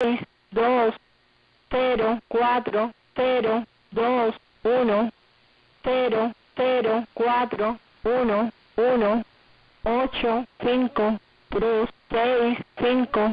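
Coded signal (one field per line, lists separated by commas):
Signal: numbers station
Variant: HM01, Spanish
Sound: female voice reading Spanish digits one by one, evenly spaced, about 25 words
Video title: 07 12 2022 Numbers HM01 Cuban Spy in Spanish 1605 on 11435 Bejucal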